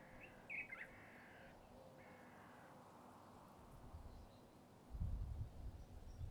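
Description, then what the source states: Crow giving a few harsh caws in the first three seconds, followed by a low rumbling noise that grows louder toward the end. Countryside atmosphere.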